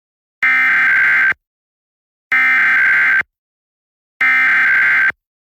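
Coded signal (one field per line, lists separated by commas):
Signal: Emergency Alert System (SAME) tones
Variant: header bursts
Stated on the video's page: Pennsylvania statewide Required Monthly Test relayed by several FM, TV and cable stations; one station mistakenly ran a silent Required Weekly Test, and one relay failed.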